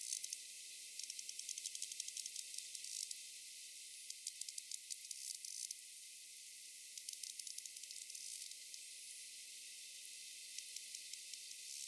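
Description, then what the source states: Sperm whale clicking: dense trains of sharp, crackling clicks over a steady high hiss. Rapid clicks.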